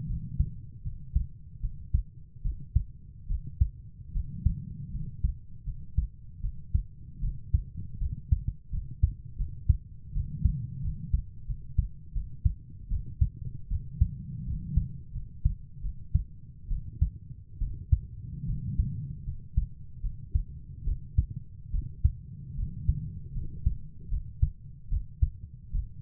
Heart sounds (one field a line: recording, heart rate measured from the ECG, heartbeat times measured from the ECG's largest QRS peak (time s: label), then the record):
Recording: heart sounds by stethoscope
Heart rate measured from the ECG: 77 bpm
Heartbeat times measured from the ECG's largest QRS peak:
0.08 s: heartbeat
0.84 s: heartbeat
1.61 s: heartbeat
2.43 s: heartbeat
3.28 s: heartbeat
4.13 s: heartbeat
4.92 s: heartbeat
5.65 s: heartbeat
6.42 s: heartbeat
7.21 s: heartbeat
7.99 s: heartbeat
8.71 s: heartbeat
9.38 s: heartbeat
10.14 s: heartbeat
10.83 s: heartbeat
11.47 s: heartbeat
12.14 s: heartbeat
12.89 s: heartbeat
13.69 s: heartbeat
14.45 s: heartbeat
15.13 s: heartbeat
15.82 s: heartbeat
16.69 s: heartbeat
17.60 s: heartbeat
18.47 s: heartbeat
19.25 s: heartbeat
20.02 s: heartbeat
20.85 s: heartbeat
21.72 s: heartbeat
22.57 s: heartbeat
23.34 s: heartbeat
24.10 s: heartbeat
24.90 s: heartbeat
25.72 s: heartbeat
From the record:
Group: healthy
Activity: rest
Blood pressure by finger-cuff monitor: 103/60 mmHg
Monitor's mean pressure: 75 mmHg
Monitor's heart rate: 77 bpm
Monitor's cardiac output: 7 L/min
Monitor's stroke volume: 88 mL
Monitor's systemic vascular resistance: 790 dyn s/cm5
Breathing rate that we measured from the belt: 14 breaths a minute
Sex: female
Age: 22 years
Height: 160 cm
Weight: 63 kg